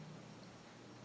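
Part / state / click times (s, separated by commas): brake pedal switch into brake pedal bracket / not seated / none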